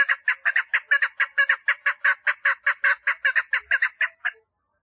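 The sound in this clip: Partridge calling in a rapid string of rough, chattering notes for over four seconds, ending abruptly.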